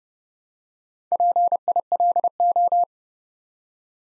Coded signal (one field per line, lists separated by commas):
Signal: Morse code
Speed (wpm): 30 wpm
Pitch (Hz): 700 Hz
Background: none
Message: PILO